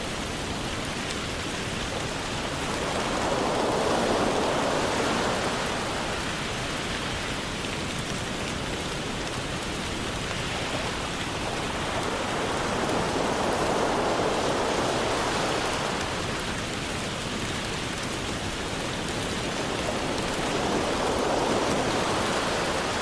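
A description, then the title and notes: Steady, dense rain hiss that swells gently in slow waves roughly every eight seconds, with fine pattering spread evenly from low to bright tones. Rain Sounds For Sleep + Ocean Waves.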